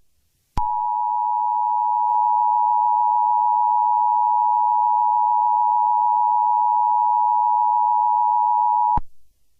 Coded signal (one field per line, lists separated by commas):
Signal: Emergency Alert System (SAME) tones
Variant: 853 and 960 Hz attention tone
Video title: EAS Scenario #23: Mickey Error II The Next Chapter